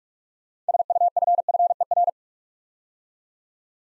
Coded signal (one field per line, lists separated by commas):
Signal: Morse code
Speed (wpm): 44 wpm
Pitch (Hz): 700 Hz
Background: none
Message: SUFFER